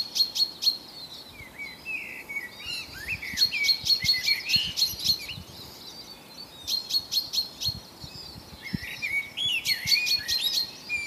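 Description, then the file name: Common chaffinch calling in bursts of rapid, sharp, ringing notes, separated by lower twittering and slurred whistles. "Fringilla coelebs"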